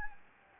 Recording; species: mosquito wingbeat signal from an infrared sensor; Anopheles gambiae